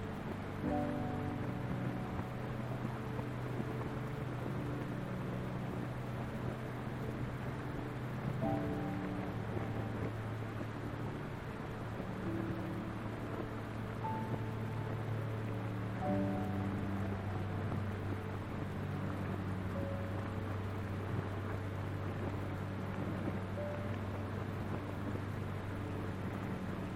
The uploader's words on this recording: Calming Piano Sleep Music with White Noise/Rain Sounds. White noise and rain along with a peaceful piano melody accompanied by an atmospheric soundscape in the background. Rain sounds, white noise.